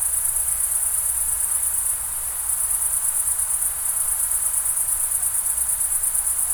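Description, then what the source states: Crickets chirping in a dense, high-pitched pulsing chorus that runs almost without pause, briefly dipping twice, over a low steady rumble of flowing water. Summer night ambience in the Pyrenees mountains, France, crickets with a distant river.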